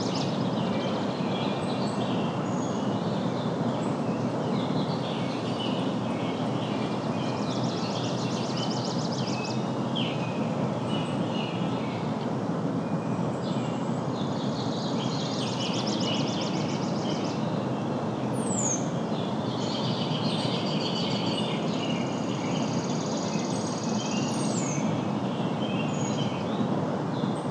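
Songbirds sing before sunrise in a backyard, with chirps and trills layered over each other and a few bright, sharply falling whistles near 19 and 24 seconds. Underneath runs a constant low rumble like traffic, steady throughout.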